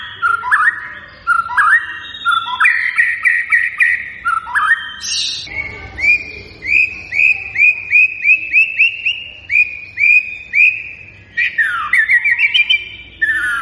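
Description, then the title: White-rumped shama singing varied fluty phrases, with chattering bursts and a long series of evenly repeated clear whistles before a fast descending flourish. Lure song of vigorously singing birds, meant to make other birds respond. "PANCINGAN MURAI BATU GACOR, LANGSUNG RESPON"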